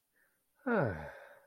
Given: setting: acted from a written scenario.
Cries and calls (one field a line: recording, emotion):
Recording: vocal sound without words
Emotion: contentment